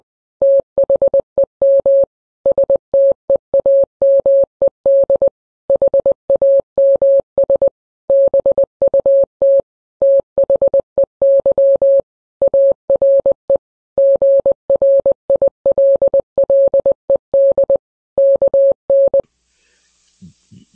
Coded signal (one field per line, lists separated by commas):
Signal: Morse code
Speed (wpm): 20 wpm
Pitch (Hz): 550 Hz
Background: none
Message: THEM STEAMED HAMS BUT THEY ARE GRILLED KN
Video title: The Simpsons Presents: Steamed Hams - Morse Code: Part 2